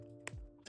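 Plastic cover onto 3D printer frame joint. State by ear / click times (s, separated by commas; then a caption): seated / 0.3 s. A small plastic cover is fitted over the inserted pins at a frame joint of a Creality Hi Combo 3D printer assembly, back edge first and then pressed closed. A sharp snap at 0.3 s shows the cover seating in place, followed by a low thunk and a softer rustle near the end, over steady background music.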